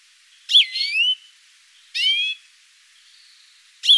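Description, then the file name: European greenfinch calls, three harmonic notes spaced about one and a half to two seconds apart, the last cut off at the end. "Chloris chloris"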